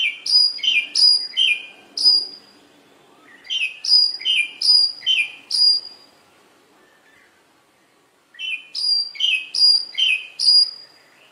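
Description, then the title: Oriental magpie-robin song: clear whistled notes falling in pitch, given in three runs of five or six. "Magpie Robin Song Doyel Pakhir Dak Wildindiamit"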